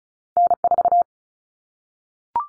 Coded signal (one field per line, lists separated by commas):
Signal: Morse code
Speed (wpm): 34 wpm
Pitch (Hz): 700 Hz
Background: none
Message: N4